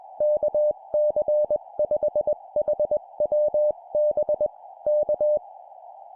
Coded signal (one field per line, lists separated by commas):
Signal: Morse code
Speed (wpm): 20 wpm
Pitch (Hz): 600 Hz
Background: none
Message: KC5HWB K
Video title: 20wpm CQ POTA (SOTA) Operating Example, morse code practice